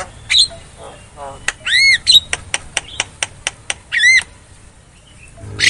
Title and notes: Pancingan Jalak Kebo Bisu. Kicau Jalak Kebo